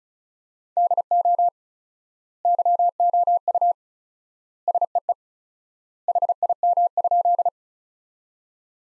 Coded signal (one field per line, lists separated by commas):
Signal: Morse code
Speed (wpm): 36 wpm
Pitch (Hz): 700 Hz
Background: none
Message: DO YOU SEE HIM?